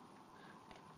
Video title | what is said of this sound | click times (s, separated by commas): Medtronci VEO Quick Set infusion setup | and then it just turns nice and gently and you'll feel that it clicks into place and you'll notice | 0.7 s